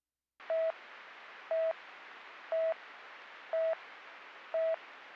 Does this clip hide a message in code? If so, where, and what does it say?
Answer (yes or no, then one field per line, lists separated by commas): no